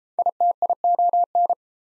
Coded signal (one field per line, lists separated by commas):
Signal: Morse code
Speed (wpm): 33 wpm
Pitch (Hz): 700 Hz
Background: none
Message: ITION